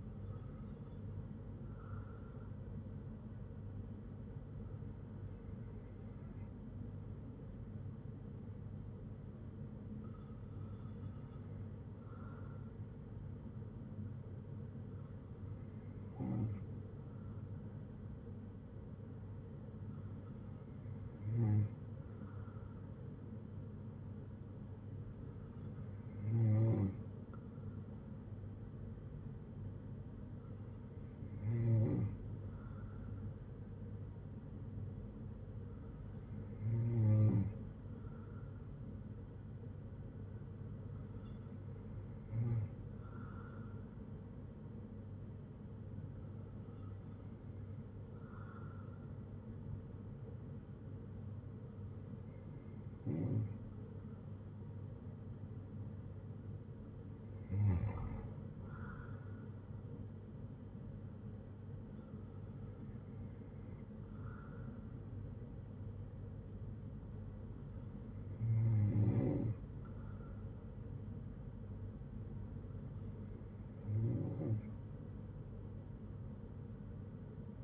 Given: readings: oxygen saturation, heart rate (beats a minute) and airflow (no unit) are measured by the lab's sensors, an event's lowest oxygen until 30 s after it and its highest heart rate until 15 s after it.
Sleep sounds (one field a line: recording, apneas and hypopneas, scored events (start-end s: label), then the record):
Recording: breathing in sleep by a smartphone at the bedside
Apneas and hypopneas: none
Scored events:
none scored
From the record:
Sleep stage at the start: N2 (light sleep)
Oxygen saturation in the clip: 94 to 96%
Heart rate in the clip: 55 to 71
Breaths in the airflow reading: 15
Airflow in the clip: -5.9 to 7.1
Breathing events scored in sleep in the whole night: 182 in 7.4 hours asleep